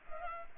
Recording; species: mosquito wingbeat signal from an infrared sensor; Culex pipiens